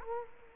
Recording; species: mosquito wingbeat signal from an infrared sensor; Culex quinquefasciatus